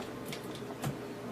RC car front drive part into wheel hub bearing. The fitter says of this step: and it pops right in nice and clean